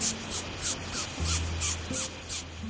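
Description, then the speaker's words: Bullet ant defensive sound, a series of several short high squeaky hisses, likened to kissing noises, with a low hum beneath. Made to scare off predators; likened to someone making kissy noises. "Tiny bullet ants also make a sound to try and scare off predators. Although it does sound a bit like someone making kissy noises."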